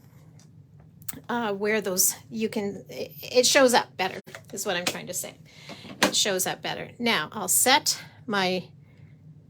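Someone talks while handling a thin metal hybrid cutting die that is about to be pressed into its recess in a plastic embossing folder, with a few brief, faint handling ticks near the start. Nothing has clicked or seated yet.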